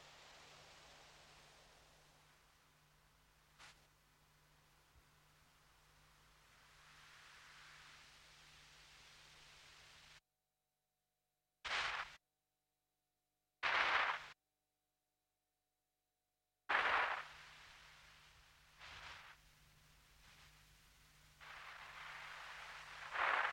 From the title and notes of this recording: Untitled No.3 recorded in one session 1999 in Düsseldorf, Germany silent experimental electronic music stereo tape recorder loop, DIY synthesizer, sine generator and a selection of pre recorded low frequency tape noises.